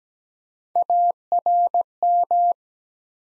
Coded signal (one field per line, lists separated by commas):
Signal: Morse code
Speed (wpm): 17 wpm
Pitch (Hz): 700 Hz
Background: none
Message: ARM